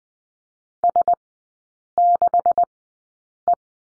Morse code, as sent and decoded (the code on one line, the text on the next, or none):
... -.... .
S6E